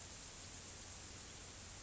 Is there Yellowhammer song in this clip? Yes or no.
no